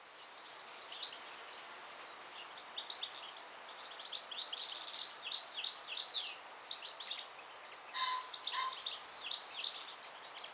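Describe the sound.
Goldfinch song, a fast, liquid twittering of high tinkling notes running almost continuously, with a couple of lower notes near the end.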